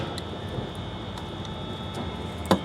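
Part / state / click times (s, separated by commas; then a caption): silicone hump hose bead onto turbo pipe bead / seated / 2.5 s. A smaller silicone hump hose with an internal bead, from an S&B hot and cold side boot kit for a 2006-2010 Chevy/GMC Duramax 6.6L (LBZ and LMM), is slid onto the turbo pipe over a steady low background hum, with a faint tick near 0.2 s. A sharp click at 2.5 s marks the hose's internal bead indexing into the pipe's bead, and the hose is felt to seat in place.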